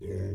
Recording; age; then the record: pig call; weaner (32 to 43 days)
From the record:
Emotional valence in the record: positive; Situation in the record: positive conditioning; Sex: female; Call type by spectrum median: low-frequency call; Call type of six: low-frequency stable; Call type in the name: low-frequency stable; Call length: 0.35 s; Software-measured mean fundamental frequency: 48 Hz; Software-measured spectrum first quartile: 96 Hz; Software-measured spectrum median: 188 Hz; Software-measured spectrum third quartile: 411 Hz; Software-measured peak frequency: 402 Hz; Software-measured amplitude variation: 78 dB a second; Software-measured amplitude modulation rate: 22.9 a second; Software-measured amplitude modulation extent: 3.4 dB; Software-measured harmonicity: -1.3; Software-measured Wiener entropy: -0.33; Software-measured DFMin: 1330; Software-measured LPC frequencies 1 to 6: 424, 1796, 3306, 5619, 6500, 7536 Hz